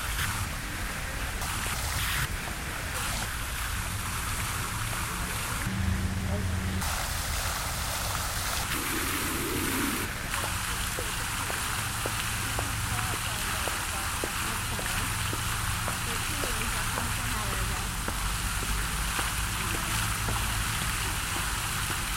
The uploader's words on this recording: In the center of campus is a fountain surrounded by 120 palm trees. This audio piece uses a series of binaural recordings made at the 12 closest trees that make up the inner circle. The recordings are cut together to produce a mixture of rapid changes and longer segments.